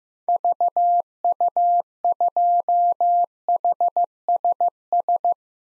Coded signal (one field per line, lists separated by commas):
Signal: Morse code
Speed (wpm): 15 wpm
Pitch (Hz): 700 Hz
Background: none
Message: VU2HSS